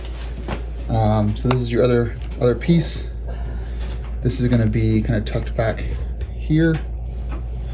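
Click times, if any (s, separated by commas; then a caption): none. A replacement fuel line quick-disconnect coupling for a leaking fuel line disconnect is handled near its fuel fitting on a BMW R1200GS motorcycle, with someone talking over a steady low hum and faint handling noises. Nothing has seated or clicked into the fitting yet.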